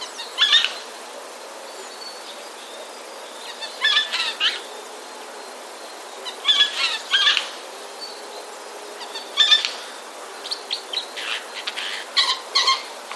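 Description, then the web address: Eurasian jay giving several harsh, rasping calls in short clusters. Alarm call, recorded 27 February 2016. "wroblowe ostrzegator sojki 27 02 2016"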